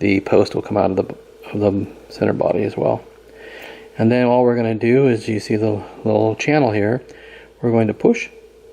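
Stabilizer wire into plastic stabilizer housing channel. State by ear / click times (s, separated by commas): not seated / none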